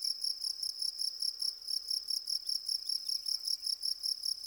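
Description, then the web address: Cricket giving a high, ringing chirp in rapid repeated pulses over a quiet background. "Natures Songs Goldfinches crickets"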